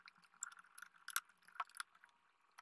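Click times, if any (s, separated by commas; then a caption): 1.2 s. The second memory stick is inserted and pushed home into the memory slot of a 2011 or 2012 MacBook Pro during an 8 GB to 16 GB RAM upgrade. Light rattling and small ticks lead up to a sharp click at 1.2 s as the module seats, followed by a few softer taps.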